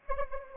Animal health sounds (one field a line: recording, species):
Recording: mosquito wingbeat signal from an infrared sensor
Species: Anopheles arabiensis